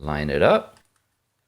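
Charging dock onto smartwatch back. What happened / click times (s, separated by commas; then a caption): The dock is being lined up but has not snapped on yet / none. An iGWATCH Translator smartwatch engineering prototype is being lined up with its non-magnetic pogo-pin charging dock, which goes onto the watch back and is meant to snap into place. Someone talks briefly, then two faint ticks come at about 0.9 and 1.0 seconds before silence. The dock has not yet seated or clicked into place.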